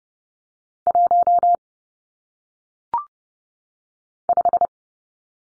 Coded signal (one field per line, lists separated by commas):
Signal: Morse code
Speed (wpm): 30 wpm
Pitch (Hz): 700 Hz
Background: none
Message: 1 5